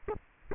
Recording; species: mosquito wingbeat signal from an infrared sensor; Aedes aegypti